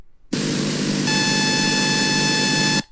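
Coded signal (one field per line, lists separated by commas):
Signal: radar signal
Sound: harsh steady buzzing hiss with a high pitched tone and harmonics, 2.5 seconds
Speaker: so for example here in radar you can listen to it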